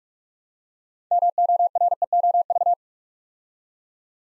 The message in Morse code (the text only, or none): MOREOV